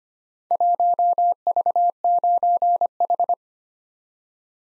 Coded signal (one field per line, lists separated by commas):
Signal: Morse code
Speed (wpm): 25 wpm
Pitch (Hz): 700 Hz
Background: none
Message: 1V9H